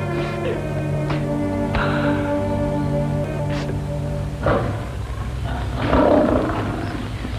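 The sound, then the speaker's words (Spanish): A lion roars loudly and at length, a deep, rumbling growl with a rough tonal edge, breaking into harsher, breathy snarls toward the end. No voices. “¿Por qué está ese león ahí?”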